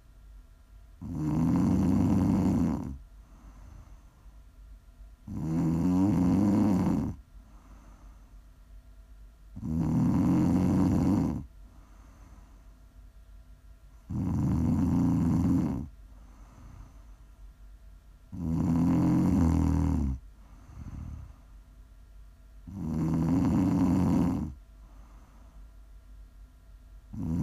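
Loud snoring repeats at a steady pace, roughly every four seconds, each snore lasting about two seconds with a rough, rattling low rumble. Quiet breathing fills the gaps, and one shorter, softer snort follows a snore near the twenty-second mark.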